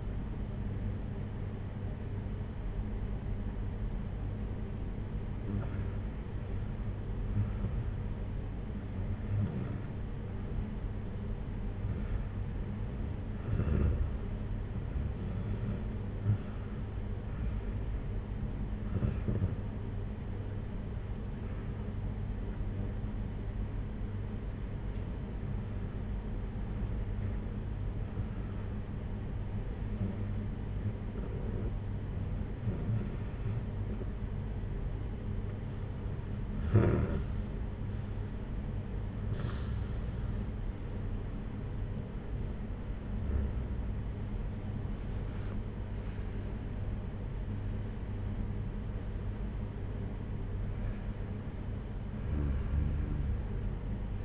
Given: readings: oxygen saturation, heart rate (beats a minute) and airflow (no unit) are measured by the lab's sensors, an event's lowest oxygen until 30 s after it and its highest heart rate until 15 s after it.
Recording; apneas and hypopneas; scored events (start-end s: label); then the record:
breathing in sleep by a smartphone at the bedside; 1
19.00-42.80 s: hypopnea (REM, oxygen 94% highest, then 92% lowest, heart rate 62 at the start, 71 highest)
From the record:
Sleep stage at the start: REM sleep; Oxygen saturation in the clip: 92 to 94%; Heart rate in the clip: 58 to 71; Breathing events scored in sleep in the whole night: 226 in 8.8 hours asleep